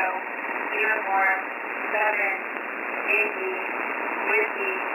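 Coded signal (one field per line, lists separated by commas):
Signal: coded military voice message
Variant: Emergency Action Message (EAM)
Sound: male voice reading characters and numbers over hissy shortwave radio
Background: radio static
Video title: Emergency Action Message - Andrews AFB/Estados Unidos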